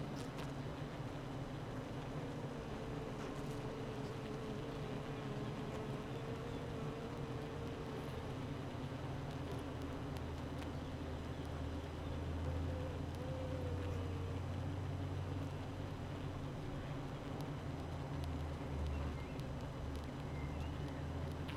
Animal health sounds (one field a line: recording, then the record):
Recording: honeybee colony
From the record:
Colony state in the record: active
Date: 12 June 2018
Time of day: 8:21